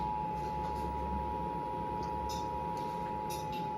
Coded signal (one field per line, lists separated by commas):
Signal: Emergency Alert System (SAME) tones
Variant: 853 and 960 Hz attention tone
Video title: EAS #50 - Dec 2023 Required Monthly Test